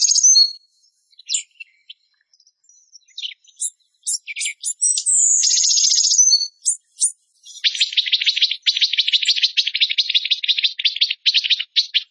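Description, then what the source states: Bird song opening with sharp high chips and whistles, a sustained shrill trill midway, then a long run of fast buzzy chattering notes. Masteran tutor song of a bird singing gacor (energetically) in tembakan style, Indonesia.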